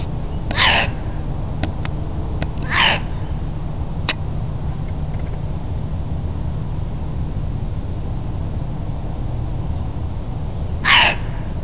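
Fox barking: three short, hoarse, harsh barks, two close together and one near the end, over a steady low rumbling background noise.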